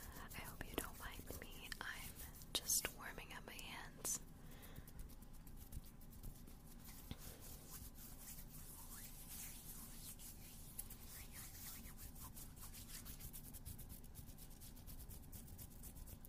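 Ear cleaning with odd objects: steady scratchy rubbing and scraping fills the whole clip, dense and continuous with a low rumble underneath. Sharper clicks and taps break through in the first few seconds, around two to four seconds in, then the rubbing settles into an even, fast texture.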